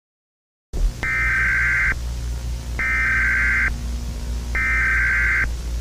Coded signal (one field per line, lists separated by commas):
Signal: Emergency Alert System (SAME) tones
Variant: header bursts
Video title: EAS Scenario #6 - Natures Slice